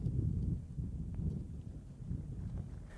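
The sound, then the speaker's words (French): Steady wind blows across the microphone, a low, rumbling roar that surges and eases in gusts for the whole three seconds, with no voices, during a long treaty signing ceremony. “Nouvel acte du ballet muet sur fond venteux, la signature proprement dite est très longue.”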